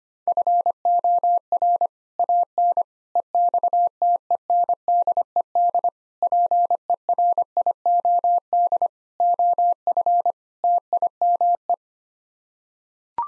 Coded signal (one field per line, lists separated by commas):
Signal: Morse code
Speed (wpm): 25 wpm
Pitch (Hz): 700 Hz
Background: none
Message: FOR AN EXTENDED PERIOD OF TIME